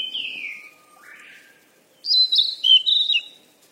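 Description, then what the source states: A bird gives a slurred descending chirp and a softer note, then a quick jumble of bright, high twittering. Birds described as playing or frolicking.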